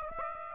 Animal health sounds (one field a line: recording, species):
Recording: mosquito wingbeat signal from an infrared sensor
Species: Aedes aegypti